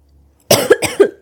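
After a brief silence, an adult woman gives a quick run of two or three sharp coughs lasting under a second. Each cough starts abruptly and ends in a short voiced tail. They are ordinary, dry-sounding coughs in a quiet indoor room.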